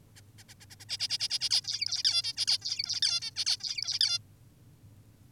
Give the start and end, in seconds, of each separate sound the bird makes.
0.16-0.21, 0.38-0.44, 0.49-0.54, 0.60-0.66, 0.70-0.76, 0.80-0.85, 0.89-0.98, 1.00-1.08, 1.10-1.18, 1.20-1.28, 1.30-1.39, 1.41-1.50, 1.51-1.62, 1.64-2.03, 2.04-2.22, 2.24-2.33, 2.37-2.46, 2.48-2.58, 2.62-3.01, 3.02-3.20, 3.22-3.31, 3.36-3.44, 3.46-3.57, 3.60-3.99, 4.01-4.19